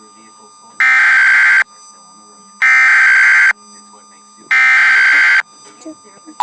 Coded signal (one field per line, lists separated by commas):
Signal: Emergency Alert System (SAME) tones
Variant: header bursts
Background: speech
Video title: emergency alert system